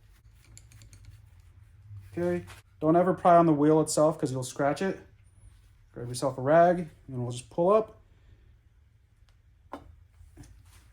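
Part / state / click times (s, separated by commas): rubber valve stem into wheel rim hole / seated / 9.7 s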